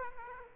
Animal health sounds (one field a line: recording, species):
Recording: mosquito wingbeat signal from an infrared sensor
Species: Aedes aegypti